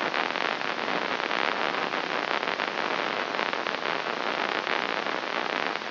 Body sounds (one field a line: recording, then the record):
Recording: brain microelectrode recording played as sound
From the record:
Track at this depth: inside the subthalamic nucleus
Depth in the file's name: 4.916 mm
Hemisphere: left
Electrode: 3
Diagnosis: Parkinson's disease